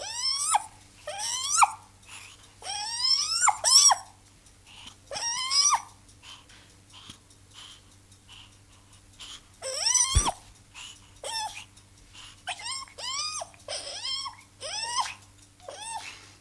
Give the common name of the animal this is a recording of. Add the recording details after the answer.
Silvery Javan Gibbon. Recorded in captivity. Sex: female. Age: juvenile. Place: Zoo Rostock, Mecklenburg-Vorpommern, DE. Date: 1984-02-03. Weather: bedeckt, 3-6°C. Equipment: Nagra SN, Kopie Uher 4000 Report Monitor. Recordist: Tembrock, Günter